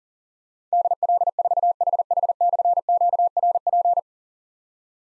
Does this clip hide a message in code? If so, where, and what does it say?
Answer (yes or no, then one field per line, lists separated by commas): yes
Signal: Morse code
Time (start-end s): 0.7-4.0 s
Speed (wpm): 40 wpm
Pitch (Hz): 700 Hz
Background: none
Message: DL4HH/QRP